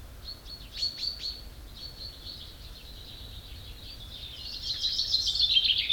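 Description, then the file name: Common chaffinch song: a dense, rattling phrase at the end, preceded by thin high chirps and short notes. "Fringilla coelebs"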